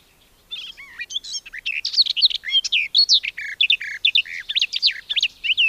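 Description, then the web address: Garden warbler singing a sustained, hurried warble of mellow, varied notes, rising and falling without a break for about five seconds. "agykontroll Madardalok Cd 2. Kerti poszáta"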